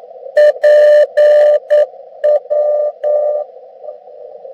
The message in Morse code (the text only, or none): PW